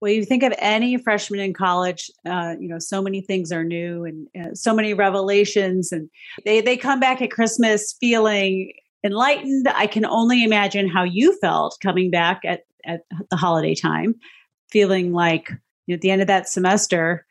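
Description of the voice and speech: A woman talks in a warm, clear, mid-pitched voice at an easy conversational pace, with brief natural pauses and a few casual fillers. Her speech flows smoothly with no blocks, repetitions or strain: ordinary fluent speech in a quiet small room.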